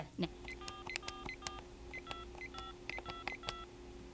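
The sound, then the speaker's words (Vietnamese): A rapid series of telephone keypad tones, about a dozen short dual-pitched beeps in quick irregular succession, with a steady low hum and faint voice sounds underneath. “Cho tôi gọi đi, để mấy bà đi mất hết bây giờ á.”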